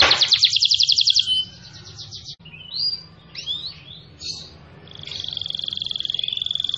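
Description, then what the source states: Canary song opening with a loud rapid trill, then scattered looping whistles, ending in a long even rolling trill; faint low hum underneath. Singing energetically (gacor).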